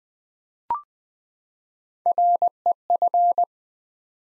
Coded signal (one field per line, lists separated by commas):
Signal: Morse code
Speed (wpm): 20 wpm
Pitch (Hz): 700 Hz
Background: none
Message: REF